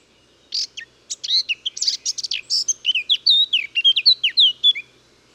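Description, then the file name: Eurasian blackcap song: quiet chatter swelling into dense scratchy twitters, then a loud run of clear fluty whistled notes sweeping up and down. "Sylvia atricapilla"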